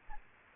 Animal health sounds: mosquito wingbeat signal from an infrared sensor; Aedes aegypti

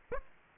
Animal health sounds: mosquito wingbeat signal from an infrared sensor; Aedes aegypti

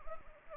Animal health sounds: mosquito wingbeat signal from an infrared sensor; Anopheles arabiensis

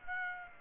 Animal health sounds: mosquito wingbeat signal from an infrared sensor; Aedes aegypti

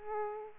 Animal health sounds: mosquito wingbeat signal from an infrared sensor; Aedes aegypti

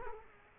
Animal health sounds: mosquito wingbeat signal from an infrared sensor; Culex quinquefasciatus

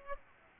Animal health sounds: mosquito wingbeat signal from an infrared sensor; Aedes aegypti

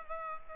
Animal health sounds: mosquito wingbeat signal from an infrared sensor; Culex pipiens

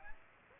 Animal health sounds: mosquito wingbeat signal from an infrared sensor; Aedes aegypti

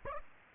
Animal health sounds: mosquito wingbeat signal from an infrared sensor; Aedes aegypti

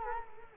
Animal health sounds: mosquito wingbeat signal from an infrared sensor; Culex quinquefasciatus

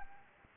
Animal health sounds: mosquito wingbeat signal from an infrared sensor; Anopheles arabiensis

